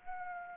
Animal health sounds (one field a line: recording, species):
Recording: mosquito wingbeat signal from an infrared sensor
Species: Anopheles arabiensis